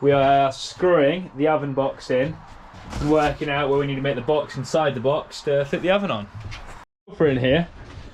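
Someone talks while an oven box panel for a flip-out oven box unit is handled and screwed in place in a van kitchen cabinet. Speech fills most of the clip, with a brief silent gap near 6.9 s. Nothing has seated or clicked yet.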